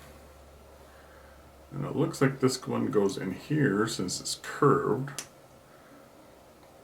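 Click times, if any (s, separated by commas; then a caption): none. A curved accessory piece for a Boya MM1 shotgun mic setup is handled and lined up with the mic mount on a DSLR camera, with its curved shape given as the reason it belongs in that spot. Someone talks from about 1.7 to 5.2 seconds over faint background noise. Nothing has seated or clicked yet.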